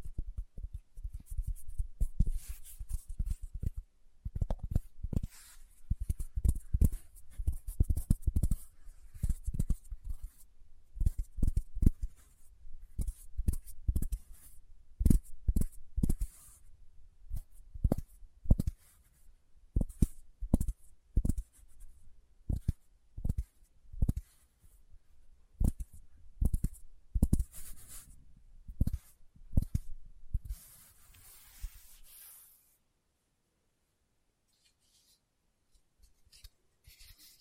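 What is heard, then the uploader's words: Fingertips tap in quick, uneven runs of soft, dull knocks, each with a low thump and a brief bright tick. The tapping is dense for about 32 seconds, with a faint scratchy rustle among the taps, then it stops, leaving near silence with a couple of light touches. ASMR Tapping with Fingertips (No Talking).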